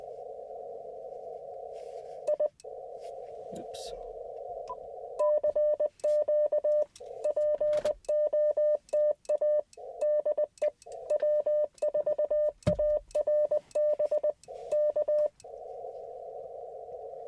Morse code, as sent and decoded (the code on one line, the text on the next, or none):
.. / -.-. --.- / .--. --- - .- / -.. . / .-- ....- .- .-. -... / -.-
I CQ POTA DE W4ARB K